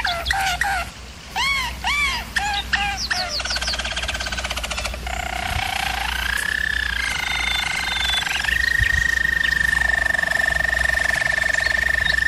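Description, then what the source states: German Roller canary song opening with separate looping chirps, then unbroken rolled trills and a long steady whistled tone near the end, low background hum. Singing used for canary training.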